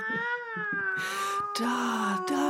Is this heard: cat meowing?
yes